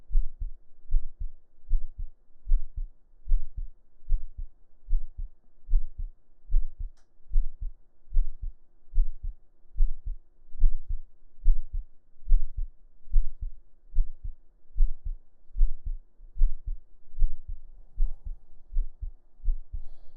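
Steady, regular paired low thumps at about 74 beats a minute: an adult heartbeat heard with the ear lying on the chest under the shirt, with a faint hum.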